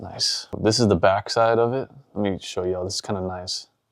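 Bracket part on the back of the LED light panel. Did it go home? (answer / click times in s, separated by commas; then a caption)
no / none. A bracket part on the back of a Godox F400R LED light panel is handled while someone talks. The part has not yet gone home, and nothing has seated or clicked so far; it is a light frame part meant to click solidly into place.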